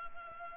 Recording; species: mosquito wingbeat signal from an infrared sensor; Culex pipiens